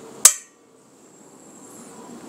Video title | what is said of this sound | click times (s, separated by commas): Memperbaiki regulator gas yang bocor | Lalu kita putar terus sampai bunyi klek gitu ya. | 0.2 s